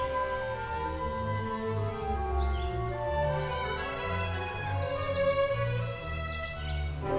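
American Redstart song, a run of high, thin, sharply slurred notes midway, over a steady backdrop of sustained musical tones.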